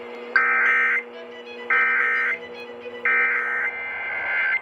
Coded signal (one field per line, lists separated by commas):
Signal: Emergency Alert System (SAME) tones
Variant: end-of-message bursts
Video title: [EAS #1563-#1584] A Night of Required Monthly Tests